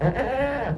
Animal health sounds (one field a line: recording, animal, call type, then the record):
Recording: contact call of a hoofed animal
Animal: goat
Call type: low-frequency (closed-mouth) or high-frequency (open-mouth) call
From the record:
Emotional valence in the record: positive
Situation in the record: food anticipation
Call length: 0.78 s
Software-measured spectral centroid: 1350 Hz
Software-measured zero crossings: 1260 a second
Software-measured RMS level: -24 dBFS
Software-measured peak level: -10 dBFS